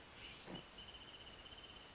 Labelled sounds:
Wrentit (Chamaea fasciata)
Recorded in Sonoma County, California

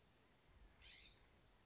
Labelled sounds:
Bewick's Wren (Thryomanes bewickii)
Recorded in Sonoma County, California

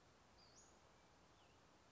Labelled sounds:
Western Flycatcher (Empidonax difficilis)
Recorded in Sonoma County, California

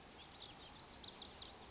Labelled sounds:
Lazuli Bunting (Passerina amoena)
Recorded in Sonoma County, California

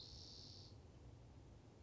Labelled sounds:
Spotted Towhee (Pipilo maculatus)
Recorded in Sonoma County, California

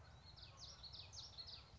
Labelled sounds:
Common Yellowthroat (Geothlypis trichas)
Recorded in Sonoma County, California

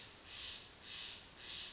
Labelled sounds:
Steller's Jay (Cyanocitta stelleri)
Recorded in Sonoma County, California

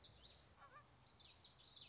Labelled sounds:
Common Yellowthroat (Geothlypis trichas)
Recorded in Sonoma County, California

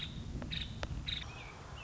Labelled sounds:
Nuttall's Woodpecker (Dryobates nuttallii)
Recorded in Sonoma County, California

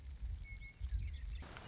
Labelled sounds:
Western Meadowlark (Sturnella neglecta)
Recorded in Sonoma County, California

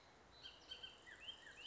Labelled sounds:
Bullock's Oriole (Icterus bullockii)
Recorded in Sonoma County, California

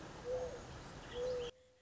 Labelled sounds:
Mourning Dove (Zenaida macroura)
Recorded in Sonoma County, California

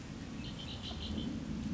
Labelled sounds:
Red-winged Blackbird (Agelaius phoeniceus)
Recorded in Sonoma County, California

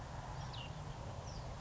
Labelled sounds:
Cassin's Vireo (Vireo cassinii)
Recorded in Sonoma County, California

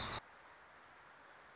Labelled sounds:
Wilson's Warbler (Cardellina pusilla)
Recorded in Sonoma County, California

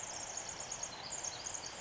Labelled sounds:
Pacific Wren (Troglodytes pacificus)
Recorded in Sonoma County, California

